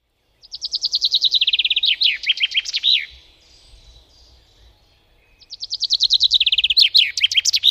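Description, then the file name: Common chaffinch singing twice: each song is a fast, descending run of repeated chirps ending in a flourish, with a few seconds of quiet between. "chaffinch"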